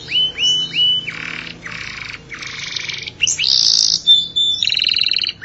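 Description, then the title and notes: Canary song: three rising slurred whistles, then loud buzzy rasping blocks, a bright high whistle and a fast rattling trill, all in a varied continuous phrase. "BM Suara Burung Kenari"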